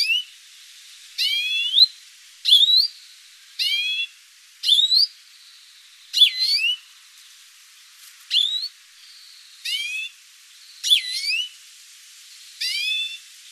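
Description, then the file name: European greenfinch calls: a steady series of short buzzy and curling whistled notes, about one each second, some faint thin whistles between them. "Chloris chloris"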